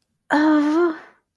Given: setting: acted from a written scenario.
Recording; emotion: vocal sound without words; distress